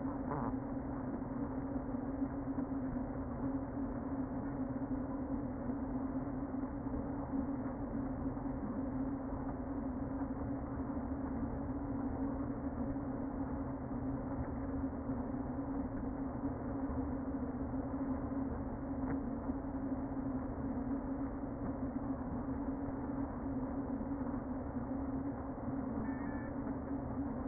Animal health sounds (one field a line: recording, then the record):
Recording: honeybee colony, microphone inside the hive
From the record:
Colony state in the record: queen present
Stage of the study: before two queens were removed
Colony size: about 60,000 bees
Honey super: yes